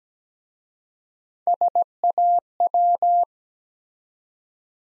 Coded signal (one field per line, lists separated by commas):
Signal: Morse code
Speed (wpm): 17 wpm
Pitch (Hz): 700 Hz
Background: none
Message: SAW